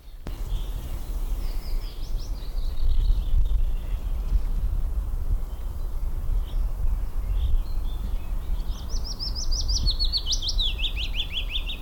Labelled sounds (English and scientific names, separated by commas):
Willow Warbler (Phylloscopus trochilus) song